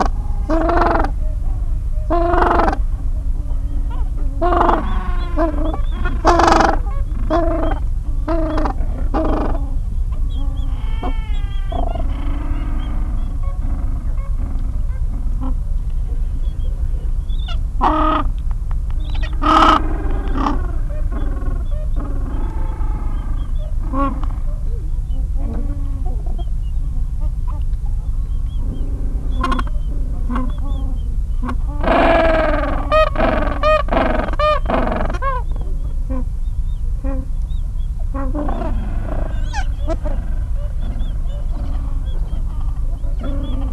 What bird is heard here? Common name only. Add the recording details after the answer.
Gentoo Penguin. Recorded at the colony at Neko Harbor, Antarctica, on 26 January 2015. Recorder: Song Meter SM2+